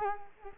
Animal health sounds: mosquito wingbeat signal from an infrared sensor; Culex quinquefasciatus

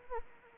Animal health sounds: mosquito wingbeat signal from an infrared sensor; Anopheles arabiensis

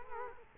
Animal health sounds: mosquito wingbeat signal from an infrared sensor; Culex quinquefasciatus

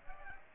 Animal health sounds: mosquito wingbeat signal from an infrared sensor; Aedes aegypti

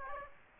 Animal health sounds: mosquito wingbeat signal from an infrared sensor; Aedes aegypti

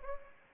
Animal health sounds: mosquito wingbeat signal from an infrared sensor; Anopheles arabiensis

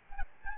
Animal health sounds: mosquito wingbeat signal from an infrared sensor; Aedes albopictus

